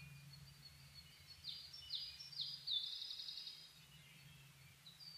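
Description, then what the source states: Bird song: a few high whistles slide sharply downward, then a fast, buzzy high trill follows, over a steady low hum. Dawn chorus (reimei) of birdsong (saezuri), 10 May 2010.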